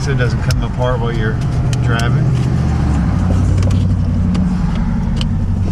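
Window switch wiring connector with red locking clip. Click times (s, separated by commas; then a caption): 5.2 s. On a 2011–2017 Jeep Wrangler, the window switch is reconnected and the red safety clip is pushed back onto the plastic wiring connector so it doesn't come apart while driving. Someone talks over a steady low hum and a few small handling ticks. A sharp click at 5.2 s is the clip snapping home, seated.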